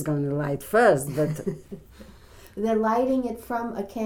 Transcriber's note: chuckles